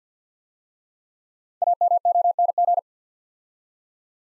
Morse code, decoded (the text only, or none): AMONG